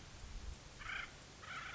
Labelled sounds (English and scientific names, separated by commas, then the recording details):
Acorn Woodpecker (Melanerpes formicivorus)
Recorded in Sonoma County, California